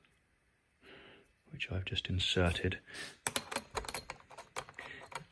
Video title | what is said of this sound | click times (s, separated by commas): Astro Essentials M48 Camera Adapter / T ring not locking in camera body / lens mount | doesn't have that positive click and furthermore | none